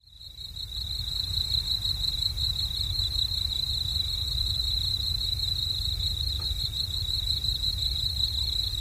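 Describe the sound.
Cricket chirping in a steady, rapid high-pitched trill that continues throughout, with a low rumble of background noise underneath.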